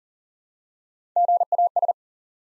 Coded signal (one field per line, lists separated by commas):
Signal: Morse code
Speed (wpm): 42 wpm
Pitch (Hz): 700 Hz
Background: none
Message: GAS